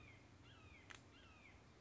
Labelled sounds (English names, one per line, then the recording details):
Red-shouldered Hawk
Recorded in Sonoma County, California